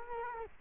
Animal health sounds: mosquito wingbeat signal from an infrared sensor; Culex quinquefasciatus

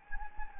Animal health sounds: mosquito wingbeat signal from an infrared sensor; Anopheles gambiae

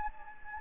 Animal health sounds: mosquito wingbeat signal from an infrared sensor; Anopheles gambiae

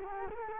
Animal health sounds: mosquito wingbeat signal from an infrared sensor; Culex quinquefasciatus

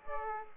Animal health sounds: mosquito wingbeat signal from an infrared sensor; Aedes aegypti

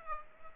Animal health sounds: mosquito wingbeat signal from an infrared sensor; Aedes aegypti

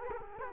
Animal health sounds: mosquito wingbeat signal from an infrared sensor; Culex quinquefasciatus

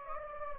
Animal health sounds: mosquito wingbeat signal from an infrared sensor; Anopheles gambiae

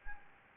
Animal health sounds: mosquito wingbeat signal from an infrared sensor; Anopheles gambiae

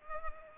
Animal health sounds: mosquito wingbeat signal from an infrared sensor; Culex pipiens

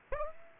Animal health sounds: mosquito wingbeat signal from an infrared sensor; Aedes aegypti

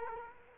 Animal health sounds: mosquito wingbeat signal from an infrared sensor; Culex quinquefasciatus

